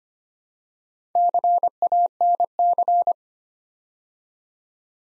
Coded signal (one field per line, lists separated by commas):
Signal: Morse code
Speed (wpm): 25 wpm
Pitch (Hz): 700 Hz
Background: none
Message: CANC